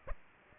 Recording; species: mosquito wingbeat signal from an infrared sensor; Aedes aegypti